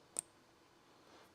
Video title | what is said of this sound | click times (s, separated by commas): How to Install the Goldstrike® Panovista™ Extended Convex Mirrors with Sequential Turn Signals | and just slide that in till it clicks | 0.2 s